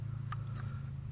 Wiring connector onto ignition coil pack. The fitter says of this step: you hear it click just